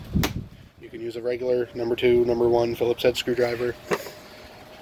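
On a 2009 Genesis 4.6, the centre button of a two-piece plastic push clip holding the air box trim panel in the engine bay is pressed down and clicks at 0.2 s. The clip comes loose for removal, and someone talks through the rest of the clip.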